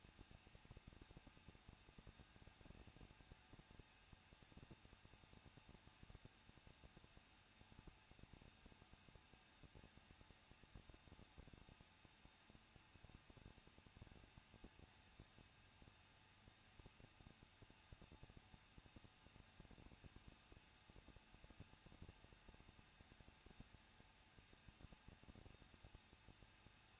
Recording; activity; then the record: daily activity, microphone in the room; no activity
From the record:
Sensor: 2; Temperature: 21.0 degrees Celsius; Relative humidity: 37.4%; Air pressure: 1006.2 hPa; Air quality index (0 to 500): 222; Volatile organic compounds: 24 ppm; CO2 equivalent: 2810 ppm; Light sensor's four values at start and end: 2/3/2/2 and 2/3/2/2